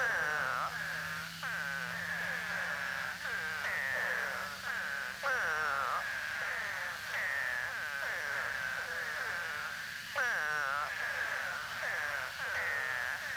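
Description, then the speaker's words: Eastern spadefoot groaning calls, drawn-out descending moans repeated roughly every second or two. Scaphiopus holbrookii; Florida, common in upland habitats statewide including Key West; usually calls only a few days after torrential rains, mostly late winter or early spring, but after heavy rain any season. "Spadefoots usually call for only a few days following torrential rains."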